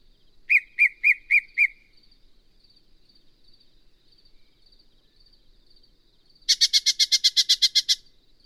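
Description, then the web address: Yellow-breasted Chat song: five separate whistled notes, a pause of several seconds, then a fast series of many harsh notes. "birdsongforthecurious songs Yellow-breasted Chat"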